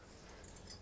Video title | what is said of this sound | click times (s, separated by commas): Tokyo JET Apartment Tour 2020 | you heard a little click now you can pull this open | 0.7 s